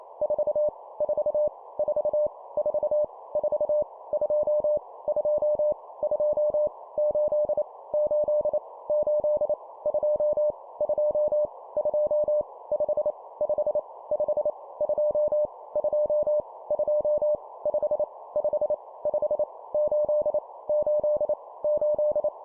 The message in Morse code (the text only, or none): 4 4 4 4 4 2 2 2 8 8 8 2 2 2 5 5 5 2 2 2 5 5 5 8 8 8